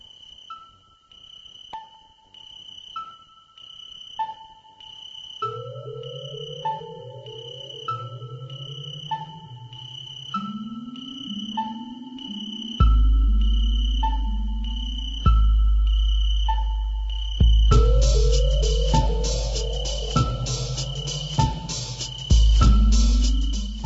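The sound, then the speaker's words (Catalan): An instrumental electronic song plays with repeating bright synth blips and sliding bass tones, building steadily as heavy low bass and dense, buzzing upper layers join in. No singing. “Vinga, escoltem aquesta cançó i ara sí, ja començarem.”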